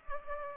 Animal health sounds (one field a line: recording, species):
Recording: mosquito wingbeat signal from an infrared sensor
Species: Culex pipiens